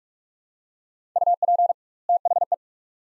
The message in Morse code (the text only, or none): UP THE